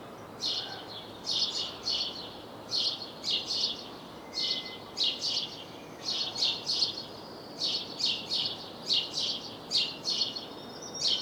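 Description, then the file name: House sparrow chirps, sharp notes in groups of two or three, repeated in a regular chattering rhythm against low steady noise. "Passer domesticus"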